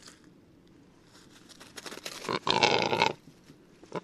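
Rackelhahn (black grouse × capercaillie hybrid): rackelhahn with a building series of rough gurgling notes leading into a loud grating croak, then a final click.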